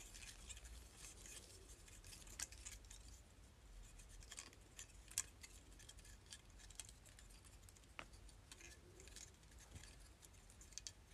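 Hair clip sounds for ASMR: a steady bed of fine, crisp rustling and crackling, dense and bright, runs throughout. Sharp little clicks and snaps break through irregularly, with the loudest near 2, 5, 8 and 9.5 seconds, like a clip being opened and handled.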